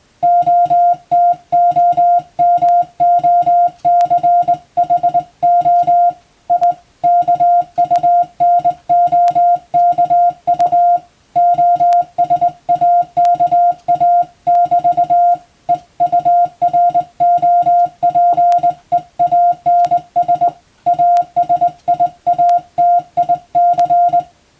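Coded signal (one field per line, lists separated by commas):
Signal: Morse code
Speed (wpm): 20 wpm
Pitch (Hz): 700 Hz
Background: music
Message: OTOMOCHO IKUNOKU OSAKA<BT> EUROPEANS ASIATIC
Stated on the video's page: Morse practice by a first-class radiotelegraph operator for the Japanese exam, Japanese Morse at 17 wpm and English at 25 wpm.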